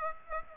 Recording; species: mosquito wingbeat signal from an infrared sensor; Aedes aegypti